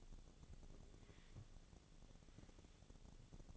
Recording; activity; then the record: daily activity, microphone in the room; take from stove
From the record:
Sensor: 4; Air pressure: 1000.9 hPa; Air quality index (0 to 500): 123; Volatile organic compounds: 1 ppm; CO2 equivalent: 931 ppm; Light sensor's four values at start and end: 45/110/47/52 and 46/113/48/53